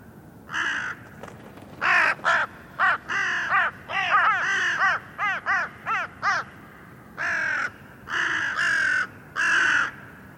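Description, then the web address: Bird uttering a long, uneven series of rasping caws, some drawn out and some clipped and quick, bunched together before fuller calls near the end. "cianscape birddata Deverinetal 2025 Bird Only"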